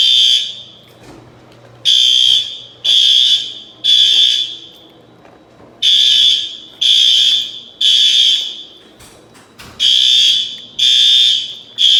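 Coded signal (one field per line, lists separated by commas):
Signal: alarm pattern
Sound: harsh buzzing alarm sounding three times, pausing, repeating in three groups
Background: quiet room hum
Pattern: temporal three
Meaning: Temporal three pattern signals fire evacuation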